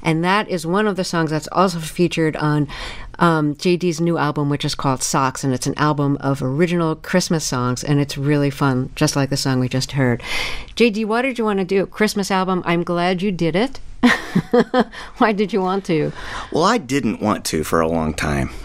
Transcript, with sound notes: And that is one of the songs that's also featured on JD's new album, which is called "Socks." And it's an album of original Christmas songs. And it's really fun, just like the song we just heard. JD, why did you want to do a Christmas album? I'm glad you did it. (Laughter) Why did you want to?
Well, I didn't want to for a long time.